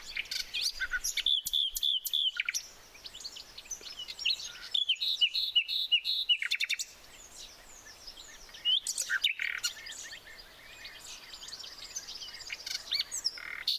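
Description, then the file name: Common nightingale song in bursts of rapidly repeated sharp notes and clicking phrases, separated by short pauses, over a busy chorus of other birds. "Luscinia megarhynchos"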